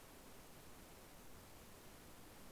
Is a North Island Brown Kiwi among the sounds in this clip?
no